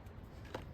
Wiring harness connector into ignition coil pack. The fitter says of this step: and then we can put the connector back in till it clicks, and